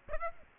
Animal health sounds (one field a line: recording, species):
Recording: mosquito wingbeat signal from an infrared sensor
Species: Aedes aegypti